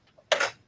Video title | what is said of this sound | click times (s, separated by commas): Episode 142: At your side 🧵 Virtually! | holder lock it in | 0.3 s